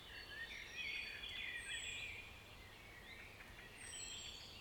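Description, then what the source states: Birds singing softly, thin whistled phrases and high trills overlapping in a quiet chorus, with a steady low background hum. Birds in a forest.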